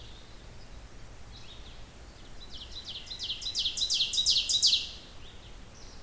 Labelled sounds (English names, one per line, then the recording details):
Ovenbird song
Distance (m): 25 m
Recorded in boreal forest in Alberta, Canada, on 16 June 2016 at 06:31
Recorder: SongMeter 3, array SBT-3-32
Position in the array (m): 67 m, 166 m
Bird 37